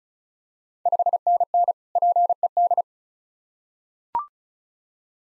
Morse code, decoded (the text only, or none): 5NN PED